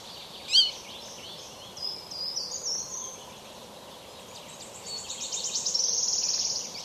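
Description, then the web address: Flycatcher calls: a sharp high chip, then thin high twittering notes building into a rapid trill, with steady background hiss. "flycatcher flycatcher bird call"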